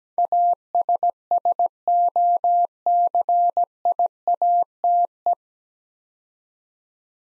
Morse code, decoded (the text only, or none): ASSOCIATE